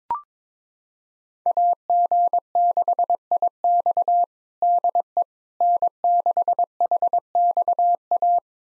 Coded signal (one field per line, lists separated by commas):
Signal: Morse code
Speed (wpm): 22 wpm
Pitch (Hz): 700 Hz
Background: none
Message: AG6IX DE N6HXA